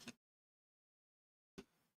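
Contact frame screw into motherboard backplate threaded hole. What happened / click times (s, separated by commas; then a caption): The screw thread dropped into place with a click / 1.6 s. A CPU contact frame screw is wound backwards until its thread start drops into the threaded hole in the motherboard backplate. A brief faint sound at about 0.1 s is followed by silence, then a sharp click at 1.6 s with a short fading tail. The screw is seated in the threaded hole.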